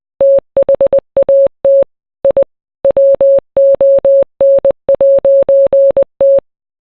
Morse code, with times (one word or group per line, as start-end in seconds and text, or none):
0.2-1.8 THAT
2.2-2.4 I
2.8-6.4 WON'T